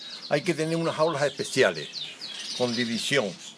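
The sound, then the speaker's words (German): A bred male songbird sings two bright warbling phrases separated by a short pause, each full of quick rising and falling chirps and sweeping high notes, clear and fairly loud. “Seine Hauptkunden sind ältere Damen, die einen singenden männlichen Vogel suchen, um etwas weniger einsam zu sein.”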